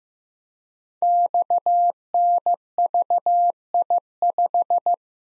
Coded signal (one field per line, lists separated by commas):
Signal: Morse code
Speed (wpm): 15 wpm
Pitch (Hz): 700 Hz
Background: none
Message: XNVI5